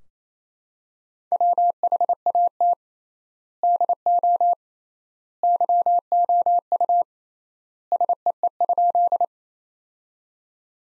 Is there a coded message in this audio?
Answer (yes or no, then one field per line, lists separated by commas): yes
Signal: Morse code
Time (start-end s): 1.3-9.2 s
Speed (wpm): 28 wpm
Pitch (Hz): 700 Hz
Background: none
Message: WHAT DO YOU SEE?